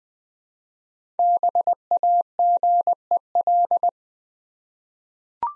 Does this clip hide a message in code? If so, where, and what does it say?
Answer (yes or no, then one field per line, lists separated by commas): yes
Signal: Morse code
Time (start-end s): 1.2-3.9 s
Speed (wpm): 20 wpm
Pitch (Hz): 700 Hz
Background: none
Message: BAGEL